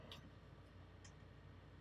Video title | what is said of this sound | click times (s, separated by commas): Sig Sauer P320 MCK Review - First impressions | then it will slide forward. You hear a snap. | 0.1 s